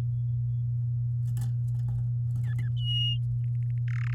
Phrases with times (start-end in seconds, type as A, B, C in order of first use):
2.44-2.69 A, 2.76-3.18 B, 3.44-3.78 C, 3.88-3.89 D, 3.90-4.14 E